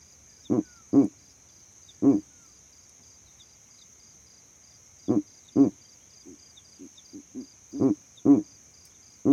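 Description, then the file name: Owl calling in clipped low hoots, paired and single, with a run of softer shorter notes between louder ones, over a constant faint high-pitched whine. Owl calls at night. "Elijah Wagner - Calming Owl Calls at Night"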